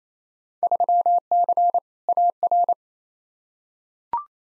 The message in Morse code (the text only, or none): 3C AR